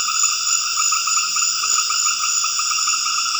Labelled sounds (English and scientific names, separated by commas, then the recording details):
none
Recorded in dense forest near Puerto Asís, Putumayo, Colombia, on 9 March 2025 at 20:30
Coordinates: 0.481, -76.323
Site G088